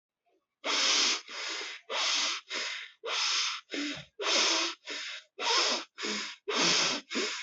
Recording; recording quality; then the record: shallow breathing; excellent, no background noise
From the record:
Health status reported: healthy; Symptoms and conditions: none ticked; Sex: male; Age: 21 years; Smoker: not ticked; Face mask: not worn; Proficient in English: yes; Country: India